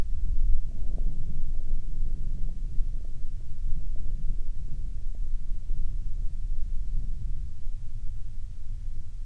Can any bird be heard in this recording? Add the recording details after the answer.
no. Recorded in the Arctic National Wildlife Refuge, Alaska, on 7 August 2019 at 07:20. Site 49